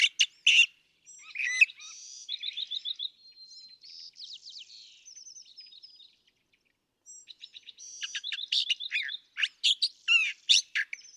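California thrasher song alternating between rapid twittering trills and loud, harsh, emphatic phrases after a short gap.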